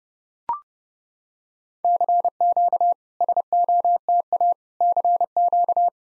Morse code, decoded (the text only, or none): CQ SOTA CQ